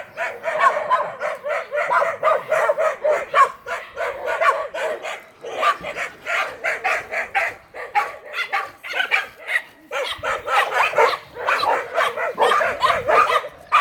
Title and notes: 13 Chemin Des Filaos, Réunion - chiens. À Cilaos on s'entoure de chiens